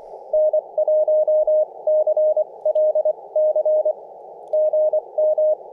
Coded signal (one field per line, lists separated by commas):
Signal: Morse code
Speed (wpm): 24 wpm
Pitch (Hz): 620 Hz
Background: none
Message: N1CLC GM